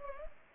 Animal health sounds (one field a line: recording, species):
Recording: mosquito wingbeat signal from an infrared sensor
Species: Anopheles arabiensis